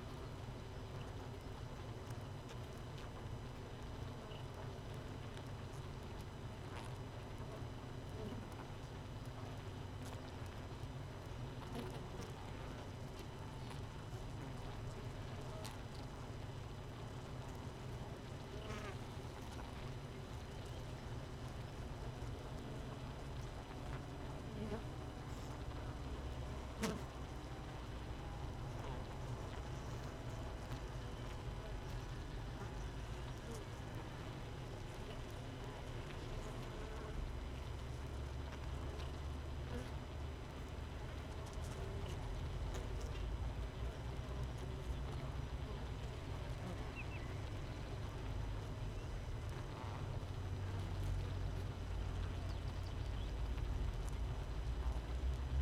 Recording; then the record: honeybee colony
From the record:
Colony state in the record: missing queen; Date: 31 May 2018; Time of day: 6:01